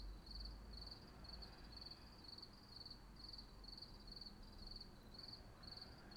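Cricket chirping in a regular rhythm, quick high trills about twice per second, over low background noise.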